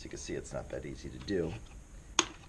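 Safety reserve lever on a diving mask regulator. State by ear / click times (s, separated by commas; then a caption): released / 2.2 s. Someone talks while the locked safety reserve lever on an Interspiro Divator DP1 diving mask regulator is pried, and it is not easy to do. At 2.2 s the lever pops open with a single sharp snap, releasing it.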